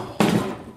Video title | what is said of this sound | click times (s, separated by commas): Rings to ring and plates to plate | Ooh, love that sound. We'll never get tired of it. Point where it just snaps in place. | 0.2 s